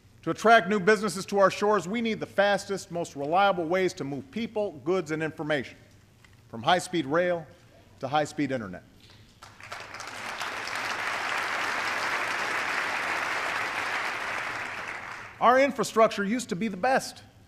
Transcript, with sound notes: To attract new businesses to our shores, we need the fastest, most reliable ways to move people, goods, and information -- from high-speed rail to high-speed Internet. (Applause.) Our infrastructure used to be the best,